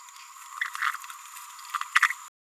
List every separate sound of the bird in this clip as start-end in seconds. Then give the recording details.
0.75-0.96, 1.96-2.12. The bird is a male. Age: 26 days. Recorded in a nest box in Venezuela. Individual 17B31A1